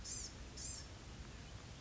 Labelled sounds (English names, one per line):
Blue-gray Gnatcatcher